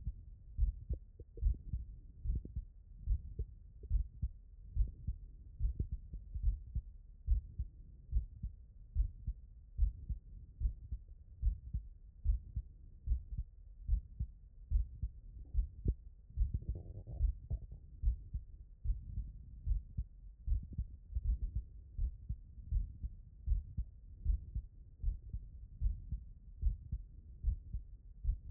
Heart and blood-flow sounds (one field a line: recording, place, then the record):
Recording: heart sounds by stethoscope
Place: tricuspid valve (TV)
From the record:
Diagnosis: non-HFrEF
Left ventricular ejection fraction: 51%